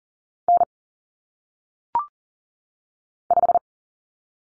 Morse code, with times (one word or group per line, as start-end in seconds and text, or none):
0.5-0.6 N
3.3-3.6 5